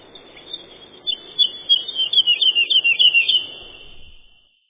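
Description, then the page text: Woodlark song: a single short phrase of about ten clear fluty notes, falling slightly in pitch, then quiet. "Юла, или лесной жаворонок — Lullula arborea"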